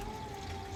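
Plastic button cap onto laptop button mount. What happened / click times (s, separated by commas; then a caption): The plastic cap is being handled and has not snapped on yet / none. A plastic button cap is pressed onto its button mount on an HP Omen 15 laptop, with only a steady low hum and faint tonal whine and no sharp sounds. Nothing has seated or clicked yet.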